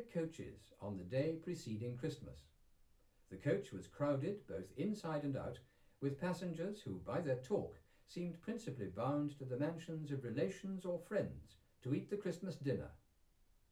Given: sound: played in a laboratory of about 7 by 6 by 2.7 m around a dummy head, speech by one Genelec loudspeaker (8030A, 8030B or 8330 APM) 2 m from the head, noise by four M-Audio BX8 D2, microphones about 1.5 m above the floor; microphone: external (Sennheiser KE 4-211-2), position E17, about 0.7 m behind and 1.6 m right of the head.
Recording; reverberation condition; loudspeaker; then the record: male speech in English; low; 120 degrees to the left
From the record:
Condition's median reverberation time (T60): about 310 ms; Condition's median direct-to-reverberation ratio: about 3.5 dB